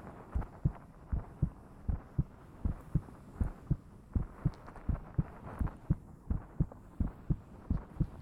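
Steady, soft lub-dub heartbeat of an adult woman at about 75 beats a minute, heard with the head pressed against her chest, with a faint background hum.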